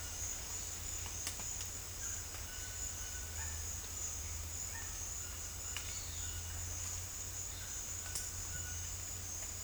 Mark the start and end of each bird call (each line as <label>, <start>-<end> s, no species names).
bird call, 1.97-3.68 s
bird call, 7.88-8.90 s